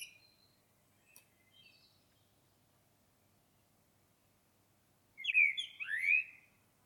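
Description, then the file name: Common blackbird song: faint high squeaks early on, then a loud, rich warbled phrase near the end. "Turdus merula"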